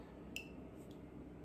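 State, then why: Seated. A crimped wire terminal is pushed into its cavity in the plastic connector housing of a 7-way trailer harness for a 2021 Hyundai Palisade. A single sharp, small click at 0.4 s has a brief high ring, over a steady low background hum. The terminal is seated in the housing.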